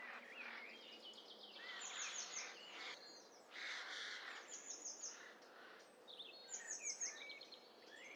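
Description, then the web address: Several birds calling at once: high thin descending notes and warbling phrases overlapping in a busy chorus, with steady background hiss. Several birds vocalising together in a stereo bird cocktail party mixture. "Hi Fi STEREO BIRD COCKTAIL PARTY Challenge"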